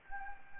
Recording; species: mosquito wingbeat signal from an infrared sensor; Anopheles gambiae